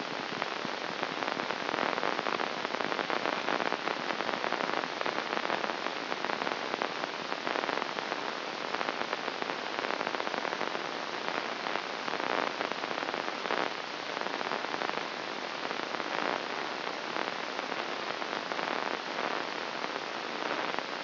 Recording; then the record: brain microelectrode recording played as sound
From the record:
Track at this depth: inside the subthalamic nucleus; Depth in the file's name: 0.757 mm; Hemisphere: right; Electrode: 2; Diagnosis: Parkinson's disease